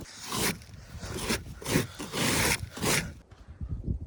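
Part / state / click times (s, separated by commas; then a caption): pop-up camper roof latch on truck bed camper shell / not seated / none. A pop-up camper roof on a truck-bed camper shell is pulled down to close, with its latch failing to fully catch, likely because of snow on the other side and the awning being in the way. Broadband scraping and rustling swells come in bursts around 0.5, 1.3, 1.8, and 2.3–3.0 seconds, then fade to low rumbling handling noise. Nothing has latched or clicked yet.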